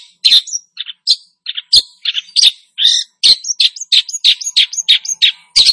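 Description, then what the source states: Long-tailed shrike singing a quick jumble of varied chirps, sharp whistles and scratchy notes, with brief gaps between notes. Singing vigorously, described as gacor.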